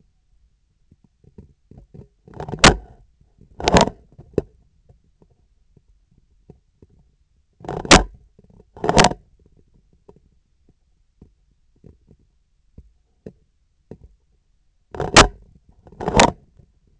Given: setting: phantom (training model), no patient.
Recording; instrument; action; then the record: laparoscopic instrument, vibration sensor on the handle end; scissors; opening and closing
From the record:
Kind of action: tool actuation without material contact